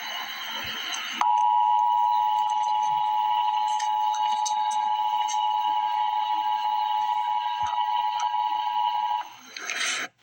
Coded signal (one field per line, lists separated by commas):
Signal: Emergency Alert System (SAME) tones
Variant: 853 and 960 Hz attention tone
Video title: Emergency Alert System - Severe Thunderstorm Warning - Apr 29, 2025 at 7:00 PM EDT